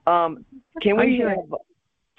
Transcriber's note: laughs